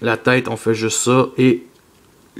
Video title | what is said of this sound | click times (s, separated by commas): (FR)Transformers Universe(2008): Galvatron | torse, il se clipse pas, mais il se tient bien. | none